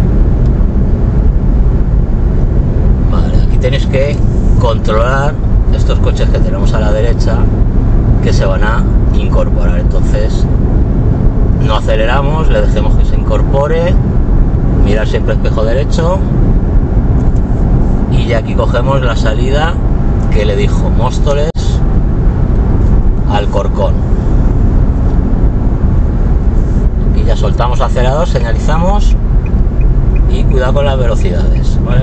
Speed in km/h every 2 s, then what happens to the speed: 82, 81, 80, 81, 81, 83, 84, 84, 85, 86, 86, 84, 83, 79, 76, 70.
0-20 steady at about 83. 20-32 slows to 70.